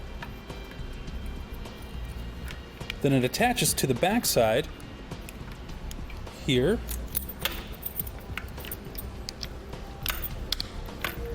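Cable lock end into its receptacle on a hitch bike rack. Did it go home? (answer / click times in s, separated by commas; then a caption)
yes / 10.5 s. Someone talks as the end of the integrated cable lock, wrapped around the bike frame, is pushed into its receptacle on the back side of a Kuat NV 2.0 Base 2-Bike Platform hitch bike rack. Small clicks and jangles lead up to a sharp snap at 10.5 s as the end pops in and locks in place.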